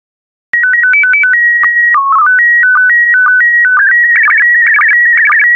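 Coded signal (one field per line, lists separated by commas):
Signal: SSTV (slow-scan television)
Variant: PD 120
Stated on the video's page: SSTV images in PD120 mode, sent as decoding practice with rural Africa photos.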